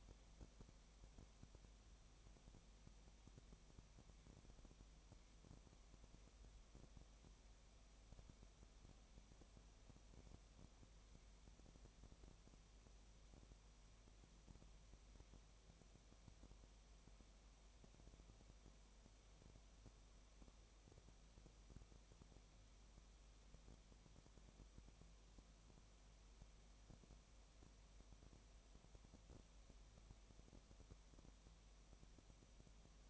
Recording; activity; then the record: daily activity, microphone in the room; no activity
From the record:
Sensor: 1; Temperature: 19.7 degrees Celsius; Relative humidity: 37.0%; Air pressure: 1007.2 hPa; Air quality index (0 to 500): 144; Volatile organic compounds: 5 ppm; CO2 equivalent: 1761 ppm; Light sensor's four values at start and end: 1/2/1/1 and 1/2/1/1